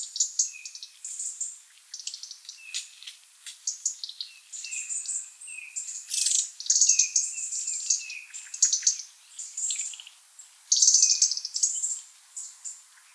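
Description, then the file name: European robin high twittering notes mixed with short, lower whistled tones, in near-continuous bursts that grow louder in the second half. "Erithacus rubecula"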